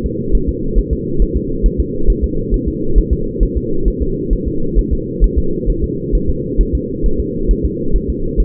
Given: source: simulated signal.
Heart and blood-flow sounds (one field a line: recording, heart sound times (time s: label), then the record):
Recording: fetal heart sounds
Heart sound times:
0.06 s: S2
0.35 s: S1
0.49 s: S2
0.78 s: S1
0.93 s: S2
1.22 s: S1
1.37 s: S2
1.66 s: S1
1.80 s: S2
2.10 s: S1
2.24 s: S2
2.54 s: S1
2.68 s: S2
2.98 s: S1
3.13 s: S2
3.43 s: S1
3.57 s: S2
3.88 s: S1
4.02 s: S2
4.33 s: S1
4.48 s: S2
4.78 s: S1
4.93 s: S2
5.24 s: S1
5.38 s: S2
5.70 s: S1
5.84 s: S2
6.15 s: S1
6.30 s: S2
6.61 s: S1
6.75 s: S2
7.06 s: S1
7.20 s: S2
7.51 s: S1
7.65 s: S2
7.96 s: S1
8.10 s: S2
8.40 s: S1
From the record:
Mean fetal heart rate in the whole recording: 135 bpm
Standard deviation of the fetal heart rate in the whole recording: 3 bpm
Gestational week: 36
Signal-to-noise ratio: -8.1 dB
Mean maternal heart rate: 72 bpm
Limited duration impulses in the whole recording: absent